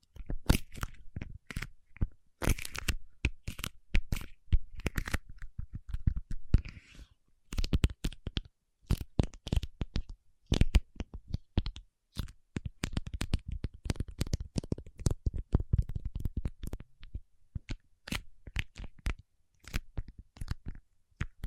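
Paraffin wax is tapped, scratched and peeled in a quick, irregular run of crisp clicks and snaps. The sharp taps come in dense bursts with brief gaps, the busiest stretch falling in the second half. A soft crinkling scrape fills some spaces between hits.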